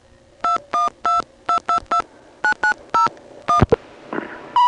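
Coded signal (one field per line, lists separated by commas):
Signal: DTMF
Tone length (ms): 110 ms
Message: 212222 990 1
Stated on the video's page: Payphone signalling from privately owned payphones (COCOTs) in Georgia, recorded in 1986.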